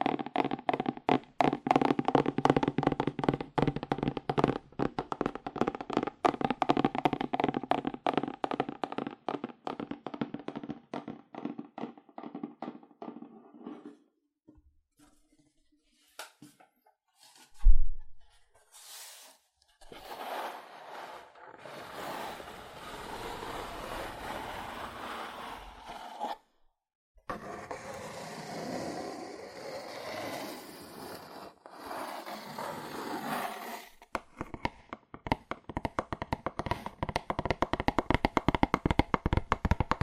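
Fast, aggressive tapping on cardboard rattles densely for the first fourteen seconds, then thins to scattered scratchy bursts and rustling before rapid tapping returns.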